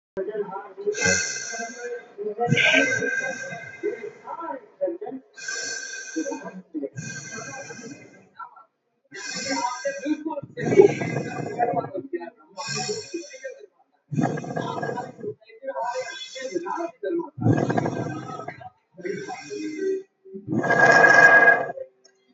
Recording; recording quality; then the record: deep breathing; moderate, slight background noise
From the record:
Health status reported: healthy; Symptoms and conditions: none ticked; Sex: male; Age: 24 years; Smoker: yes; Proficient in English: yes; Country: India